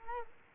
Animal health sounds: mosquito wingbeat signal from an infrared sensor; Culex quinquefasciatus

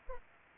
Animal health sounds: mosquito wingbeat signal from an infrared sensor; Anopheles arabiensis

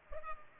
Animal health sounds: mosquito wingbeat signal from an infrared sensor; Culex pipiens

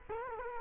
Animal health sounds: mosquito wingbeat signal from an infrared sensor; Culex quinquefasciatus

